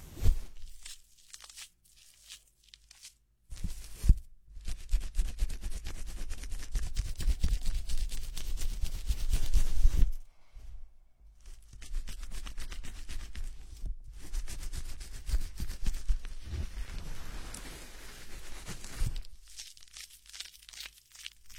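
A head massage during hair washing: dense, scratchy rubbing and crinkling sounds come in long stretches, with a strong low thump near four seconds. Short pauses break the rubbing around 3, 10 and 14 seconds, and it fades out after about 19 seconds.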